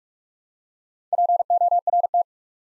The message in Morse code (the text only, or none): PORT